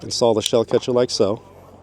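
A 3D-printed PLA+ shell catcher is being fitted to the receiver of a Tristar Viper G2 20 gauge semi-auto shotgun with the bolt locked back, its pin lining up with a hole underneath the bolt release. Someone talks throughout, with no distinct click or snap heard. Nothing has seated or clicked yet.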